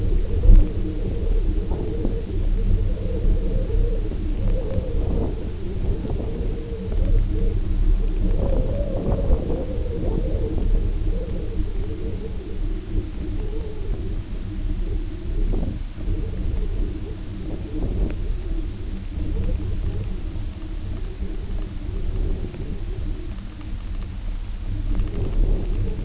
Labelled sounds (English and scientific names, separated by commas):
none